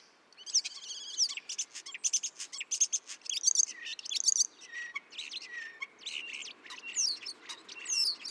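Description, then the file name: Common starling producing a rapid rattling chatter of clicks and buzzy notes, then lower warbles and squeaky high whistles. "Spreeuw"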